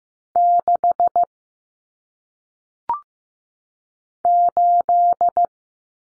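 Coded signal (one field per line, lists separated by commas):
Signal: Morse code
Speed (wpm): 15 wpm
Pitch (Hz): 700 Hz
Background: none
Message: 6 8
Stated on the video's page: Lesson on common single-digit cut numbers at 15 wpm; T, A, N stand for 0, 1, 9; each sent, spoken, sent again.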